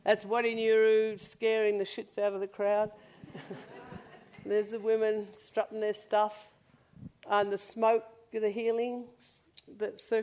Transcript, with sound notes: That’s Wati Nyiru scaring the shits out of the crowd. [laughter] There’s the women strutting their stuff, and the smoke for the healings that circles.